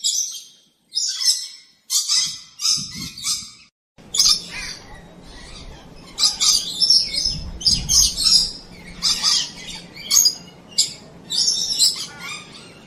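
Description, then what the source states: Bird producing harsh, squawky chattering notes in irregular runs; a low background hum begins partway through. Recorded in Arizona.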